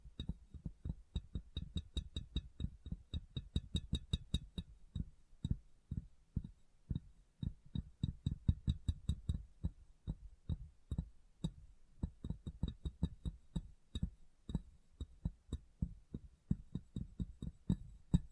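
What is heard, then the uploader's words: Fingers tap quickly and steadily on a glass brain, keeping a dense run of short, hollow knocks for the whole stretch. The taps are mostly dull and low with faint bright clicks on top, in bursts that speed up and slow slightly. ASMR Glass Brain Tapping & Cleaning (No Talking).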